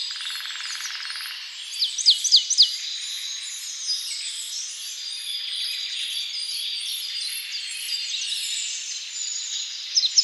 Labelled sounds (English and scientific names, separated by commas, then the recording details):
Marsh Tit (Poecile palustris) song
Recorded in the wild
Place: Waltershofen / Freiburg im Breisgau, Baden-Württemberg, DE
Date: 2008-04-20
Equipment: MiniDisc Sharp MT 20 H
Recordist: Schwarz, Dieter
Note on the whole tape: Song